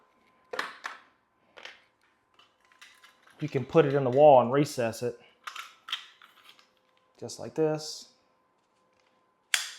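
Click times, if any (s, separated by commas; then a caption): 9.5 s. A Unifi G4 Doorbell Pro PoE Kit doorbell chime unit is pressed into its recessed in-wall mounting bracket while someone talks, with small handling taps and knocks along the way. At 9.5 s a single sharp, loud snap is heard as the chime locks into place, seated in the recessed mount.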